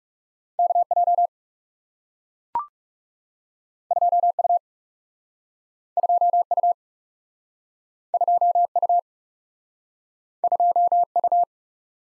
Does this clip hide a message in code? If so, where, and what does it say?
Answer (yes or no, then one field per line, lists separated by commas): yes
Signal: Morse code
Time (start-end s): 0.6-11.4 s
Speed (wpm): 40 wpm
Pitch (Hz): 700 Hz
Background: none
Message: K J 2 U 2 U 2 U 2 U